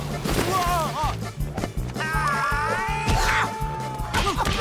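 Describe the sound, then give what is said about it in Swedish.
A cat meows and yowls in drawn-out, wavering cries, two or three times, over steady rhythmic thumping and clattering crashes that continue throughout. “Du! Det är den stygga kissen! Ge den där!”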